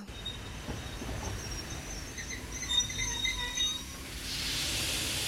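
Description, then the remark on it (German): A train rolls in on its rails with a steady low rumble and clatter, thin high wheel squeals flickering above, then a broad hiss of air swelling at the end. “Es wird langsam Zeit. Wir kommen an. Alles ist gut gegangen. Ein ausgezeichneter Zug, nicht wahr?”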